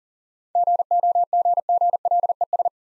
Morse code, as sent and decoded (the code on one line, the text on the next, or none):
--. --- --. --. .-.. . ...
GOGGLES